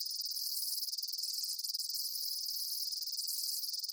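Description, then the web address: Shrill insect chirping, a fast continuous pulsed trill held at a steady high pitch for the whole stretch. Daytime insect ambience, chirping bugs. "Blast Wave Amb Day Insects. animal ambience insects chirps day bugs"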